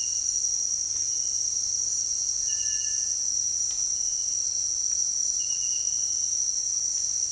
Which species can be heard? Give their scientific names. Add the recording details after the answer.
Crypturellus cinereus. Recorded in dense forest near Puerto Asís, Putumayo, Colombia, on 18 February 2024 at 07:30. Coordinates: 0.485, -76.318. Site G6408